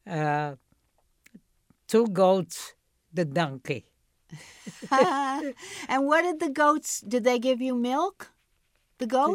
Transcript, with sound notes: two goats, the donkey. (laughs)
And what did the goats, did they give you milk? The goats?